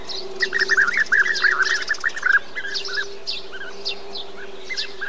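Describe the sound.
Bee-eaters giving a flurry of short, purring chirps, densest in the first half and then thinning to scattered notes, with a low steady hum underneath.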